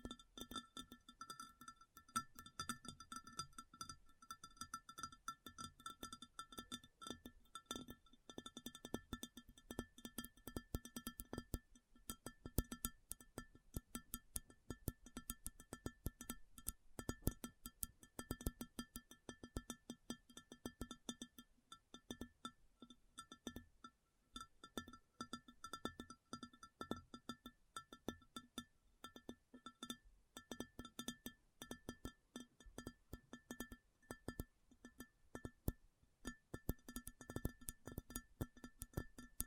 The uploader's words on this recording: ASMR Addictive Tapping. (No Talking).